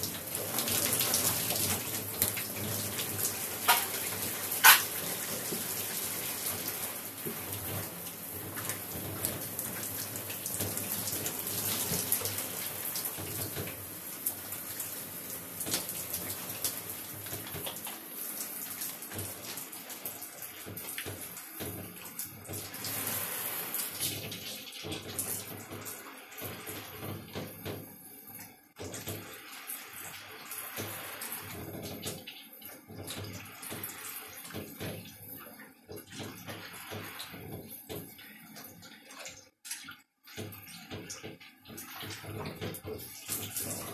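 Running shower water fills the first eighteen seconds with a dense, steady hiss. After that the sound breaks up into short bursts and splashes with brief quiet gaps, uneven and start-stop, as the water is interrupted and resumes.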